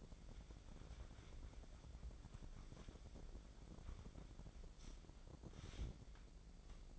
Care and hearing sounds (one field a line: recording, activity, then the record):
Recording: daily activity, microphone in the room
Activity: wipe stove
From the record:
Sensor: 5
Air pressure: 1012.4 hPa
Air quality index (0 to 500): 157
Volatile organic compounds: 2 ppm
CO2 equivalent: 1071 ppm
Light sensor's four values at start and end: 197/470/201/234 and 194/465/198/229